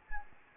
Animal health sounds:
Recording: mosquito wingbeat signal from an infrared sensor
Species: Anopheles gambiae

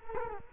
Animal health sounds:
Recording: mosquito wingbeat signal from an infrared sensor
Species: Culex quinquefasciatus

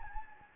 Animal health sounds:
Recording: mosquito wingbeat signal from an infrared sensor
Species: Anopheles gambiae

